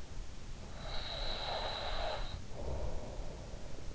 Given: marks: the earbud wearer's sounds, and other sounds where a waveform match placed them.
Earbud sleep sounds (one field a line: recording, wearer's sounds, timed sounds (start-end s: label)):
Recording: sounds in sleep by an in-ear microphone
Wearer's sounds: snoring breath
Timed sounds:
0.62-3.88 s: snoring breath